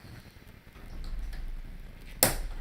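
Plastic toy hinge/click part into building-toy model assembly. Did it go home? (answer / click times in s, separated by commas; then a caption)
partly / 2.2 s. A plastic hinge part with two click points is pressed onto a Lego Star Wars Imperial Star Destroyer (75252) model. After quiet low rumble and a couple of faint taps, the first click point snaps in with a loud, sharp click at 2.2 s. The second point has not clicked yet, so the part is not fully seated.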